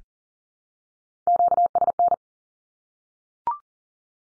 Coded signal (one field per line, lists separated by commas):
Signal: Morse code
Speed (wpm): 40 wpm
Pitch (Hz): 700 Hz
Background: none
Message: QSN